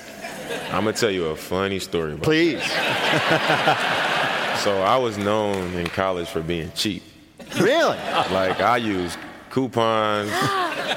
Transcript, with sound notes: I'm going to tell you a funny story about that.
Please.
(LAUGHTER)
So I was known in college for being cheap.
Really?
Like, I used coupons.